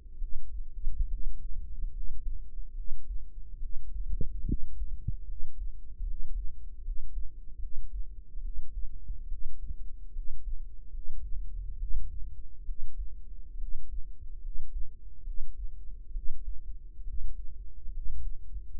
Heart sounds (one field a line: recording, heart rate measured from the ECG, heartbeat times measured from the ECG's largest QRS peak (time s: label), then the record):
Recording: heart sounds by microphone in the right ear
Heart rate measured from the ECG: 71 bpm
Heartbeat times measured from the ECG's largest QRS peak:
0.16 s: heartbeat
1.05 s: heartbeat
1.89 s: heartbeat
2.71 s: heartbeat
3.57 s: heartbeat
4.42 s: heartbeat
5.23 s: heartbeat
6.02 s: heartbeat
6.79 s: heartbeat
7.57 s: heartbeat
8.39 s: heartbeat
9.25 s: heartbeat
10.10 s: heartbeat
10.88 s: heartbeat
11.75 s: heartbeat
12.62 s: heartbeat
13.55 s: heartbeat
14.38 s: heartbeat
15.21 s: heartbeat
16.10 s: heartbeat
17.01 s: heartbeat
17.88 s: heartbeat
18.68 s: heartbeat
From the record:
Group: healthy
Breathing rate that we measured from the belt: 15 breaths a minute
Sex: female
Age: 22 years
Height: 171 cm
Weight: 65.6 kg